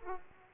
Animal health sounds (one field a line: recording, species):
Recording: mosquito wingbeat signal from an infrared sensor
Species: Aedes aegypti